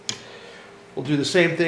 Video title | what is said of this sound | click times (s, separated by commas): Shuttle Buddy Pro assembly for Humminbird Helix ice shuttle | but once it's in place, it locks into the male and female receiver. | 0.1 s